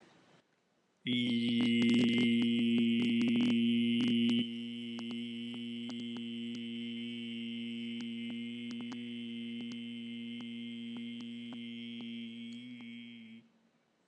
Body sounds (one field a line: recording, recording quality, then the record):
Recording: sustained vowel as in beet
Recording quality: excellent, no background noise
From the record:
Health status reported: healthy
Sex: male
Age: 42 years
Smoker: yes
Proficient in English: yes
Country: India